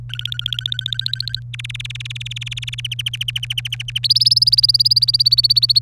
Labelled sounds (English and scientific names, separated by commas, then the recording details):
Domestic Canary (Serinus canaria) song
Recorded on 27 April 2018 at 14:16
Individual llb3